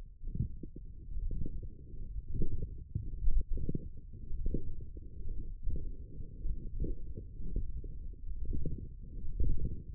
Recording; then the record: forearm muscle sounds (acoustic myography)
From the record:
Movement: radial deviation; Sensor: system 1, eight BSWA MPA416 microphones around the upper forearm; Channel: 7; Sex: male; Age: 21 years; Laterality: right